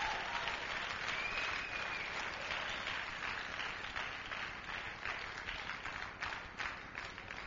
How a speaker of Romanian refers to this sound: Hai să vedem. Hai să aplaudăm. Mulțumim pentru demonstrație.